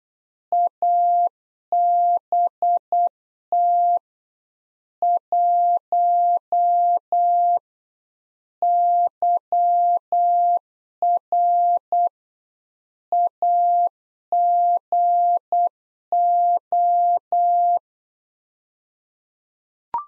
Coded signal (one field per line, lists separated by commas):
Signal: Morse code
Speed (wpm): 8 wpm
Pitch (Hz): 700 Hz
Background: none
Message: ABT 1 YR AGO